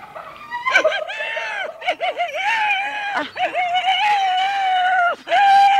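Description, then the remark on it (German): A voice imitates a hyena with high, wavering whoops and giggling cackles, the pitch bobbing in quick bursts before stretching into long, loud, sustained wailing calls. “Ah, du bist ja furchtbar als Hyäne.”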